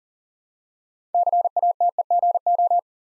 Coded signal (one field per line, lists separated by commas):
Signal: Morse code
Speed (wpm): 38 wpm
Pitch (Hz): 700 Hz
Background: none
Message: CATEGO